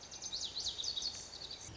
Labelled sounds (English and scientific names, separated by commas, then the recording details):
Lazuli Bunting (Passerina amoena)
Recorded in Sonoma County, California